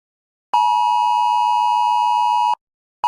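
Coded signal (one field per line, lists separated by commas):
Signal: Emergency Alert System (SAME) tones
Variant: 853 and 960 Hz attention tone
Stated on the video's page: Hypothetical EAS scenario, not a real alert.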